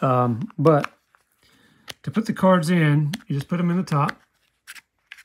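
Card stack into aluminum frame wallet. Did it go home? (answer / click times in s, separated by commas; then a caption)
no / none. Someone talks while a stack of cards is handled at the top of an aluminum frame minimalist wallet, with faint scraping and brief sharp taps between and after the speech. The cards have not seated or clicked into the wallet yet.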